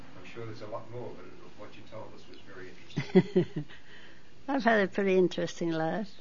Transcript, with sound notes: I'm sure there's a lot more, but what you told us was very interesting.
(She laughs.) I've had a pretty interesting life.